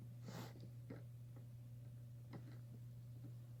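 An accessory is handled and brought to the hand of an older plastic building-block army figure, with a few faint taps and light handling sounds, the sharpest at about 2.3 seconds, over a steady low hum. The clip ends just before the part goes home, so nothing has seated or clicked yet.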